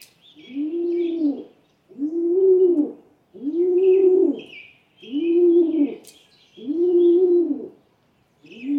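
Rock Pigeon song, a low burbling coo repeated steadily about every one and a half seconds, five full phrases, with faint high twittering of small birds behind.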